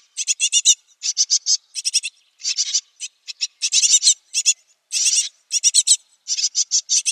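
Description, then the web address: Great tit nestling giving harsh, raspy hissing bursts in irregular groups, each burst short and buzzy, loud throughout. "Schulze Peter Great Tit nestling"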